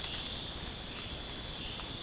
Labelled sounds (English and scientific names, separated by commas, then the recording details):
none
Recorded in secondary vegetation near Puerto Asís, Putumayo, Colombia, on 25 June 2025 at 02:00
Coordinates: 0.484, -76.319
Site G074